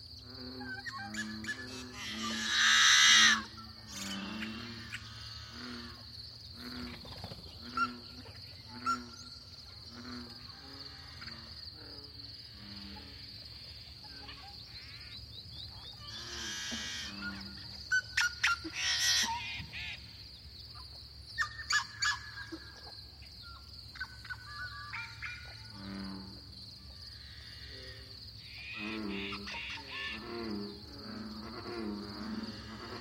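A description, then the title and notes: Busy dawn chorus in a small coulee, with many birds calling and singing at once, chirps and short trills overlapping through the whole stretch. A steady high insect whine holds underneath, and a faint low hum sits beneath everything. Louder bursts near 3 and 17–19 seconds. This lively dawn chorus was recorded in a small pothole coulee in Eastern Washington, one of the numerous Seep Lakes of the Channeled Scablands. This is the Columbia Plateau, a large basalt flow cut through by the Columbia River. This is a true Dawn chorus.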